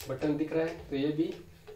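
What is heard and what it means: A small plastic axis lock on the motor arm of a Moza AirCross 2 handheld camera gimbal is handled after a first axis has been locked. Someone talks throughout, and a brief soft sound comes near the end at 1.7 s. Nothing has seated or clicked yet.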